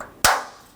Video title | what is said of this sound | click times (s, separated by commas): How to Replace Fenders 2012-2017 Toyota Camry | make sure it clicks | 0.2 s